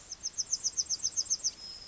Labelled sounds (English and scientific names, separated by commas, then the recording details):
Yellowhammer (Emberiza citrinella) song
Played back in grassland
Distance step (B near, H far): E
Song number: 015